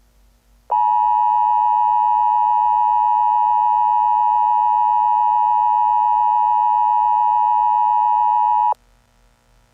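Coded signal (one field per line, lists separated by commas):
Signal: Emergency Alert System (SAME) tones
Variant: 853 and 960 Hz attention tone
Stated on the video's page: Fictional alert scenarios from a serialized series, not real broadcasts.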